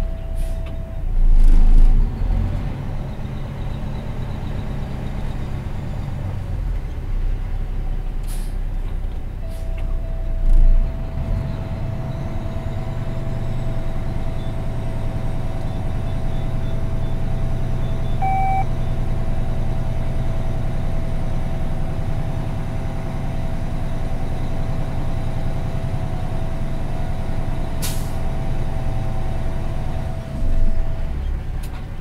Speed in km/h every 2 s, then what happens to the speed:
1, 6, 6, 4, 2, 3, 4, 4, 4, 4, 4, 4, 4, 4, 4, 3.
0-32 steady at about 4.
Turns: none.